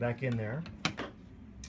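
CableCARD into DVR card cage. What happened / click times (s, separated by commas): The card is being handled and has not yet snapped into its slot / none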